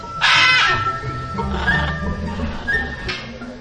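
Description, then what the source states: Military macaw uttering a harsh, raspy squawk, then softer grating calls, over low background rumble. Green macaw (guacamaya verde) at Tecomovaca.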